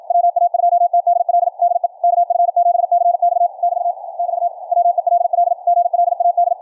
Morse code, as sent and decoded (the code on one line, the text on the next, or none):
.-- .- ..--- - -.. .-.. / -.. . / -.- ..-. --... -.-. -..- / -...- / -...- / .-- . .-.. .-.. / --. .-.. .- -..
WA2TDL DE KF7CX <BT> <BT> WELL GLAD